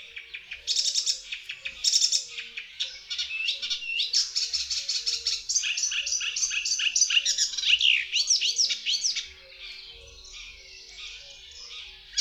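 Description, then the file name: Icterine warbler singing a continuous high jumble of repeated chirps, harsh chatters and sweeping whistles, the phrases changing every second or so before fading near the end. "Zaganiacz"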